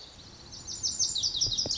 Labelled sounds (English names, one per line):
Lazuli Bunting